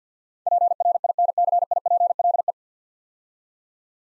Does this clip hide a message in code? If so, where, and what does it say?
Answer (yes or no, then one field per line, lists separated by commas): yes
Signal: Morse code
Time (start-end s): 0.5-2.5 s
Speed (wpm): 48 wpm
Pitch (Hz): 700 Hz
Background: none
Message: PRINCIPLE